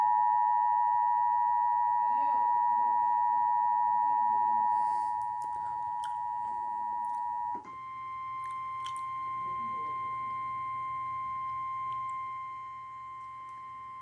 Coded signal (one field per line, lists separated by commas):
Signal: Emergency Alert System (SAME) tones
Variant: 853 and 960 Hz attention tone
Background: speech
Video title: Emergency Alert System-Severe Thunderstorm Warning #3